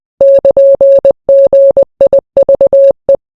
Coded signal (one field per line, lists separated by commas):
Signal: Morse code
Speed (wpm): 20 wpm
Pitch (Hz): 550 Hz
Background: none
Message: <KN>GIVE